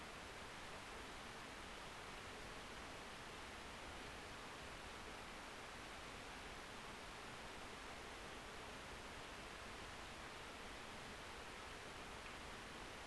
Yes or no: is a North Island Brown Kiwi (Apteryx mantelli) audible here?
no